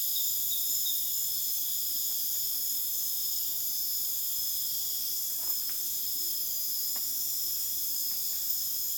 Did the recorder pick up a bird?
no